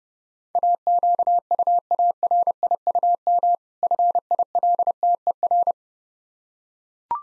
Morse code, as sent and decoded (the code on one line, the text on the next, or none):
.- --.- ..- .- .-. .. ..- -- / ..-. .. .-.. - . .-.
AQUARIUM FILTER